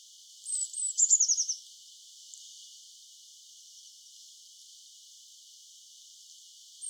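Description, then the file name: Eurasian blue tit giving two thin, very high drawn-out notes followed by a quick descending trill of about six notes, then a long quiet stretch with one faint high note at the end. "Cyanistes caeruleus"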